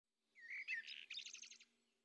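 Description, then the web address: Common blackbird song, a short fluted warbling phrase ending in a quick twittering flourish. Early morning. "Fontainebleau Demo. blackbird"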